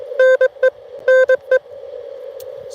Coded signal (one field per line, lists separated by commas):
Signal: Morse code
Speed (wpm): 25 wpm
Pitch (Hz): 500 Hz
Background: none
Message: NE NE